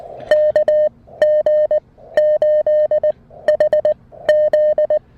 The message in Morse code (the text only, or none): KG8HZ